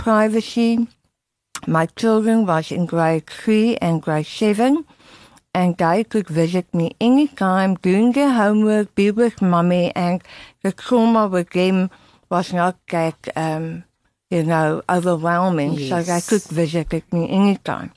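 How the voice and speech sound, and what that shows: Mostly understandable speech from an adult woman, a tongue cancer survivor whose tongue was removed, with backed, blurred consonants, such as 'trauma' sounding like 'gauma'.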